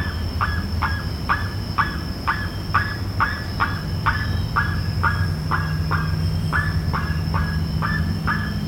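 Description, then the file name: Bird call repeated steadily: brief notes that jump up and hold, about two per second throughout, against a continuous low rumble and thin high tone. "SABIOD 50 bird 2015"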